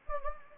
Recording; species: mosquito wingbeat signal from an infrared sensor; Anopheles gambiae